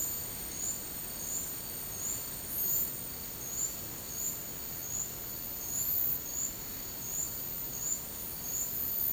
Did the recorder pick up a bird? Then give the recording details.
no. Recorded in dense forest near Puerto Asís, Putumayo, Colombia, on 24 March 2025 at 12:00. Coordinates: 0.485, -76.318. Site G056